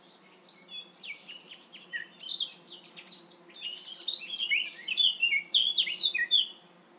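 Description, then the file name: Eurasian blackcap warbling continuously, a hurried chatter of high scratchy notes mixed with clearer whistles that becomes louder in the second half. "Sylvia atricapilla"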